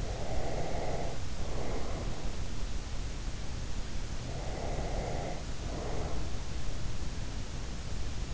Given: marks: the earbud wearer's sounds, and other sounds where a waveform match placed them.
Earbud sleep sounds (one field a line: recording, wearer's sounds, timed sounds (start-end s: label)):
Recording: sounds in sleep by an in-ear microphone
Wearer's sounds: breath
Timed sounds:
0.00-2.26 s: breath
4.40-6.40 s: breath